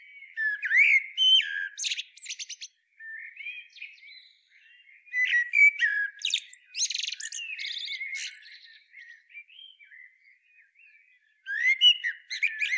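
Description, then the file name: Common blackbird singing several phrases, each a mellow whistled start ending in thin, high chattering twitters, with quieter warbling between phrases. "Turdus merula"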